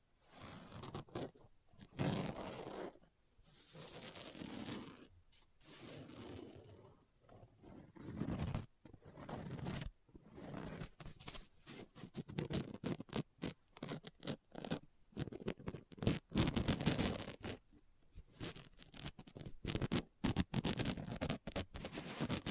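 Book tapping, scratching and page turning come in dense bursts of quick taps and rasping scrapes, with brief quiet pauses between clusters.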